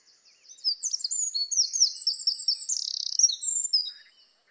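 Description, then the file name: Eurasian wren giving one rapid, high song of about four seconds, tumbling notes with a buzzy rattle toward the end. "Troglodytes troglodytes"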